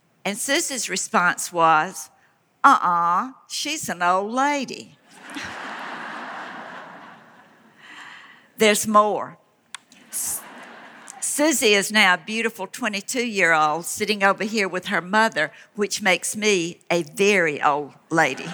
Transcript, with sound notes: And Susie’s response was, “Uh uh. She’s an old lady.” (laughter) There’s more. Susie is now the beautiful twenty-two-year old sitting over here with her mother, which makes me a very old lady.